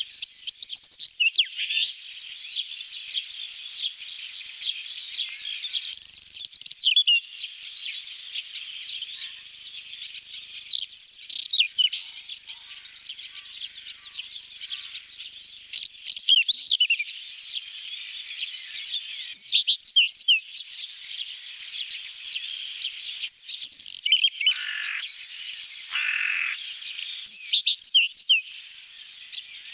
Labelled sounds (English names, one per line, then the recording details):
Whinchat song
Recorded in the wild
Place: Waltershofen / Freiburg im Breisgau, Baden-Württemberg, DE
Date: 1977-06-24
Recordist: Schwarz, Dieter